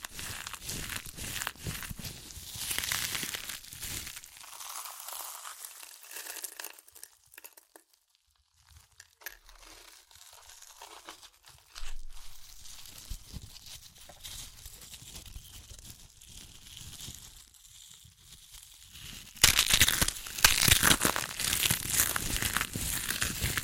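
Crunchy chips crackle and crumple in dense bursts, quieting to sparse crinkles midway before a loud, rapid crushing flurry near the end.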